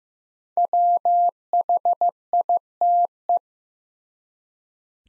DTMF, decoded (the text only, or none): none